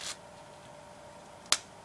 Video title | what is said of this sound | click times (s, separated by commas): What do wear to volleyball tryouts/practice | once you hear the snap, listen, | 1.5 s